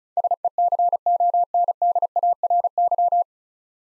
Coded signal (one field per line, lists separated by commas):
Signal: Morse code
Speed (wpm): 34 wpm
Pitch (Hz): 700 Hz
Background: none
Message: SECONDARY